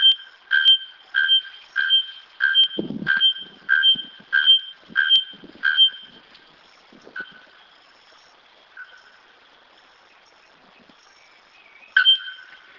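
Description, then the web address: Bare-throated bellbird in a long rapid run of clanging metallic notes, then two fainter notes, a pause and one more ringing note; a few low thuds during the run. "araponga canto"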